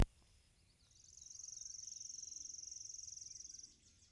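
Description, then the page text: Chipping sparrow delivering a level, rattling trill of quick high chips after a sharp click, holding steady for nearly three seconds. Recorded in Maryland. "Maryland Biodiversity. Chipping Sparrow ( Spizella passerina )"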